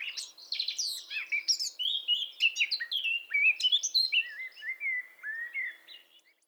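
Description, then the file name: Eurasian blackcap singing a busy twittering warble that shifts into clear, fluty descending whistles near the end, notes tumbling quickly one after another. "Sylvia atricapilla"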